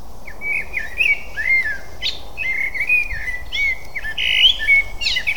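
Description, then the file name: Eurasian blackbird song: a continuous run of rich, varied fluting phrases with squeaky high flourishes, steady background hiss. "Turdus merula"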